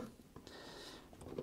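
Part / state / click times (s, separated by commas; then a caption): stepper motor cable connector into CNC controller board port / not seated / none. The Z-axis stepper motor wiring plug of a LongMill MK2 CNC machine is handled at its port on the CNC controller board's control box, making quiet rustling and a few faint, brief ticks and taps. The clip ends just before the connector goes in, so nothing has seated or clicked yet.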